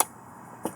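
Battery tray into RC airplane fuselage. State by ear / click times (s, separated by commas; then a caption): seated / 0.0 s. A battery tray on an FMS 1400mm Pitts 6S RC airplane is flipped down into the fuselage and latches by itself. A loud, sharp snap at 0.0 s marks the tray clipping in, followed by a softer click at about 0.65 s. The tray is seated.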